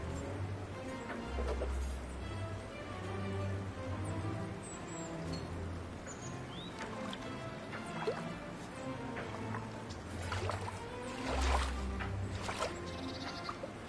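Ducks splash and paddle in water with scattered drips and sharp splashes, over a steady low engine-like rumble that swells near twelve seconds.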